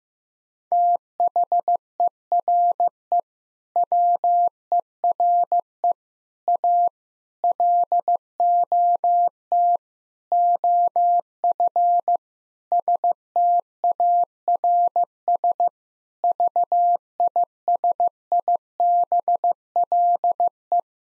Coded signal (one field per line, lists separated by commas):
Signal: Morse code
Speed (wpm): 15 wpm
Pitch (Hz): 700 Hz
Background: none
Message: THERE WERE A LOT OF STARS VISIBLE